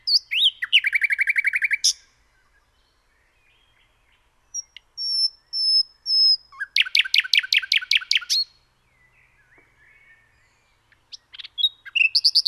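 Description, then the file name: Common nightingale singing varied phrases: a rapid rattling trill, thin high whistles, a long dry stuttering series, then another fast burst against a quiet background. "Luscinia megarhynchos"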